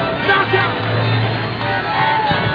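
An audience applauds and cheers, a steady wash of clapping with shouts and whoops rising over it, loud and sustained throughout.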